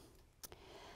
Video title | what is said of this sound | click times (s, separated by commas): General Setup and Use of the Pro-Select Platinum® Ultrasonic Scaler - Unboxing DenMat | cuff will just snap into place like that then | 0.5 s